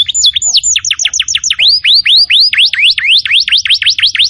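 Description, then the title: Canary song opening with quick high chirps, then a steady run of fast swooping whistled notes, loud and clear. "Kenari Gacor"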